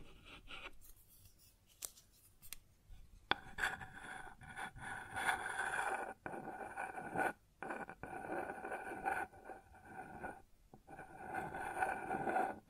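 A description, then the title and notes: Dry scratching and rubbing on a wooden surface, with raspy strokes that come in short bursts and brief pauses. A few sharp taps sound near the start and around three seconds, then steadier, denser scraping continues. ASMR Sounds on Wooden Surface (No Talking).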